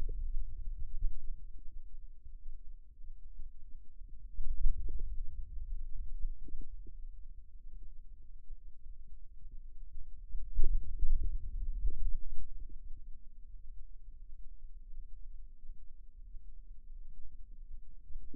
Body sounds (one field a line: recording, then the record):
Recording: forearm muscle sounds (acoustic myography)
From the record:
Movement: radial deviation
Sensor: system 2, bracelet of six BSWA MPA416 microphones around the upper forearm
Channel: 6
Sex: male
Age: 22 years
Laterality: right